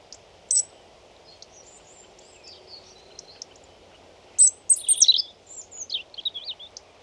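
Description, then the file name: European robin singing high, thin whistled notes, a few scattered early, then a quick tumbling burst of varied trills and slurred phrases, over a steady low hum. "Erithacus rubecula"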